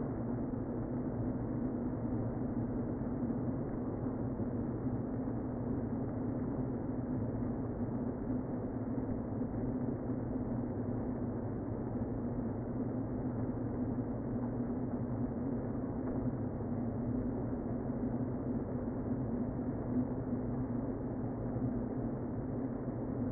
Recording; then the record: honeybee colony, microphone inside the hive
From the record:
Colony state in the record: queen present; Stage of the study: before two queens were removed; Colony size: about 60,000 bees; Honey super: yes